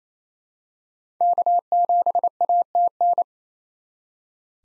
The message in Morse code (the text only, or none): K7ATN